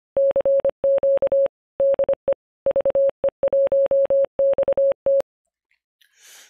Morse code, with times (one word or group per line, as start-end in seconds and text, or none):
0.2-1.5 CQ
1.8-2.3 DE
2.7-5.2 VE1XT